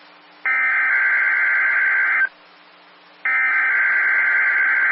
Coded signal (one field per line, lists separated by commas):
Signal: Emergency Alert System (SAME) tones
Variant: header bursts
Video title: EAS Required Weekly Test All of Central Iowa NOAA Weather Radio (WeatherSTAR4000 Emulator)